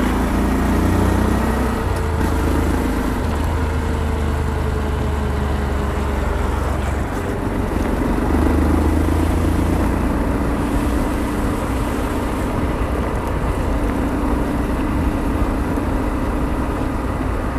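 A motorcycle rides steadily on, its engine a constant low drone with shifting pitch, wind rush filling the sound throughout with no speech.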